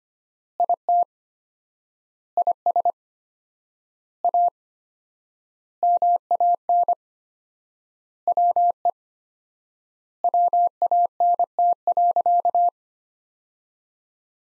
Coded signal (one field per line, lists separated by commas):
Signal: Morse code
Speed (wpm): 25 wpm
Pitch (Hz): 700 Hz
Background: none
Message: IT IS A MAN WE WANT.